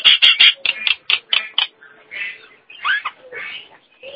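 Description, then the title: Nias hill myna song: a burst of harsh, rapid clicking notes, then scattered whistled and nasal phrases with pauses between. "Jalak Nias"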